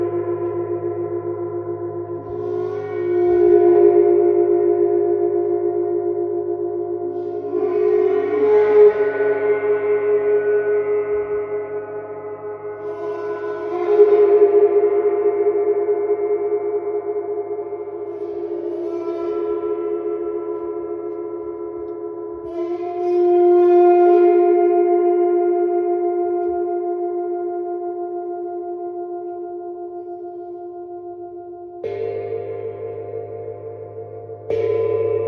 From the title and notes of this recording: Sound Alchemist … introduces the soothing and transformative sounds of the Neptune Gong.